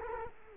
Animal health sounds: mosquito wingbeat signal from an infrared sensor; Culex quinquefasciatus

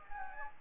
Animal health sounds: mosquito wingbeat signal from an infrared sensor; Anopheles gambiae

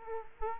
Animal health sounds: mosquito wingbeat signal from an infrared sensor; Culex quinquefasciatus

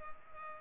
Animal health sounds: mosquito wingbeat signal from an infrared sensor; Culex pipiens

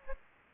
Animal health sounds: mosquito wingbeat signal from an infrared sensor; Aedes aegypti

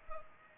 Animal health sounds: mosquito wingbeat signal from an infrared sensor; Culex pipiens

